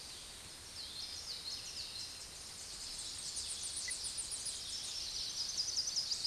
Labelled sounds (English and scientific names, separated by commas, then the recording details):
Common Yellowthroat (Geothlypis trichas) song
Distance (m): 45 m
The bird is about level with the microphone
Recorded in a Pennsylvania forest on 16 May 2024 at 06:18
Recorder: AudioMoth, point MSD-0665
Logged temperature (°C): 16.1 °C
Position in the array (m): 62 m, 48 m